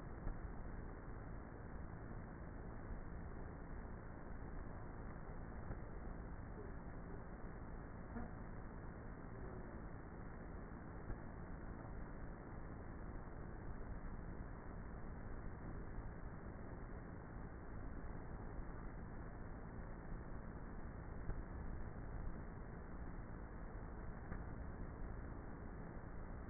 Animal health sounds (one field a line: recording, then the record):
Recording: honeybee colony, microphone inside the hive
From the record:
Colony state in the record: queenless with a low population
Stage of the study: before two queens were removed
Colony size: about 30,000 bees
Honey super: no